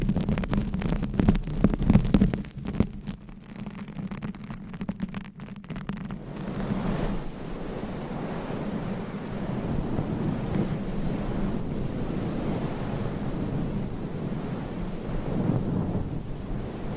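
Fingernails scratch and rub over a microphone cover, producing a rough, rumbling rasp full of rapid scraping strokes for the first six seconds. After that the sound settles into a steadier, softer windy rustle, with a brief swell near the end.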